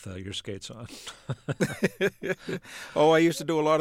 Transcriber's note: soundbite of laughter